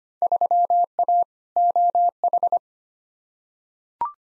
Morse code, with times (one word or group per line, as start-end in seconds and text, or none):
0.2-1.2 3A
1.6-2.6 OH